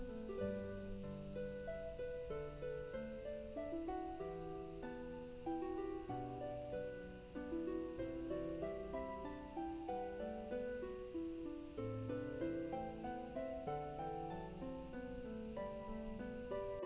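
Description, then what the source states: Cicada chorus: a dense, unbroken high-pitched hiss from many insects throughout. Many cicadas calling together.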